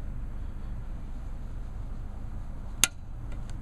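A click-style torque wrench makes the final turn on a steel bolt during clutch and flywheel assembly on a Honda Civic. Against a low, steady background hum, a single sharp click rings out at 2.8 s, followed by a few faint ticks. The click means the wrench has reached its 19 ft-lb setting and the bolt is torqued.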